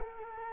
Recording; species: mosquito wingbeat signal from an infrared sensor; Culex quinquefasciatus